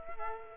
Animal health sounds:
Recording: mosquito wingbeat signal from an infrared sensor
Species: Culex quinquefasciatus

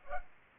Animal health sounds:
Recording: mosquito wingbeat signal from an infrared sensor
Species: Culex pipiens

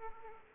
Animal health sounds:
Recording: mosquito wingbeat signal from an infrared sensor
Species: Aedes aegypti

